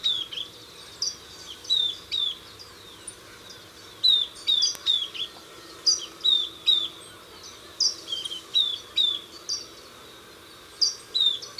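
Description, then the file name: Southern beardless tyrannulet calling: thin, high whistled notes that slur downward, repeated in quick uneven runs with brief pauses. "Camptostoma obsoletum - Southern Beardless Tyrannulet"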